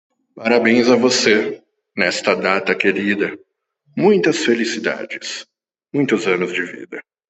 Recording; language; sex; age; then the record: short text; Brazilian Portuguese; male; 30 to 39 years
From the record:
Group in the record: control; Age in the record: 37 years